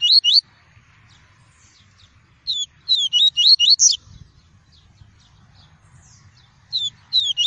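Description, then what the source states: Double-collared seedeater song in several phrases of quick, high, curling whistles, some phrases short, one longer with several notes. "tui-tui" song variety.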